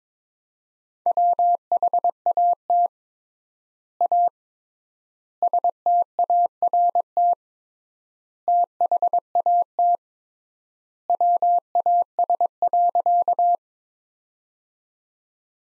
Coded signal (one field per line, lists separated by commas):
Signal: Morse code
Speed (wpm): 22 wpm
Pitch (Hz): 700 Hz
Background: none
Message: WHAT A START THAT WAS.